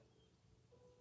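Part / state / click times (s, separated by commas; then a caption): small plastic brick onto brick build / not seated / none. A small plastic brick is handled and pressed against a plastic brick build, with only a low, steady background hum and faint tones and no distinct snap. Nothing has seated or clicked yet.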